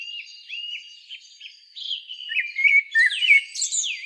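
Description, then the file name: Common blackbird song: soft whistled notes build into louder fluty warbling, then end in high, scratchy squeaks. "Turdus merula"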